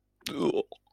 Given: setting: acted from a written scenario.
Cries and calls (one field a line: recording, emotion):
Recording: vocal sound without words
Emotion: disgust